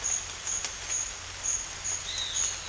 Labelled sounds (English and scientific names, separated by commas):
none